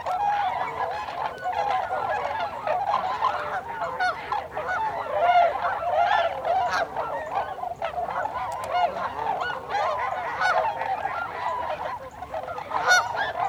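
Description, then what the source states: Many tundra swans hooting together, soft honks and higher yelping notes overlapping continuously. Several tundra swans recorded on 26 December 2020.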